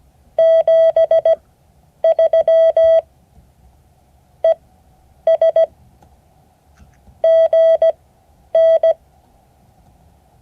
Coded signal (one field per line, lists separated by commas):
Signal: Morse code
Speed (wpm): 17 wpm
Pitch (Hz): 650 Hz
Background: none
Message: 73 ES GN